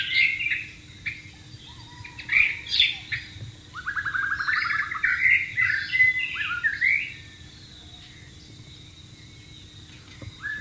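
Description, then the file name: White-rumped shama song, varied whistles with a rapid rattling trill, fading into quiet background. Wild bird recorded in natural habitat. "suara burung murai batu di alam liar"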